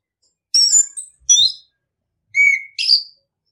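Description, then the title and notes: Orange-headed thrush giving short, high, squeaky and whistled phrases in quick pairs, with faint low thumps. Masteran (training) song in the ngeplong style. "ANIS KEMBANG NGEPLONG. Masteran Anis Kembang"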